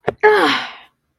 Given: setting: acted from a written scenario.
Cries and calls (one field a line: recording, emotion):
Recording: vocal sound without words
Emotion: negative surprise